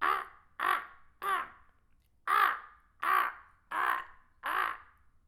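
Crow cawing: seven harsh, hoarse caws in an uneven series with one longer pause midway.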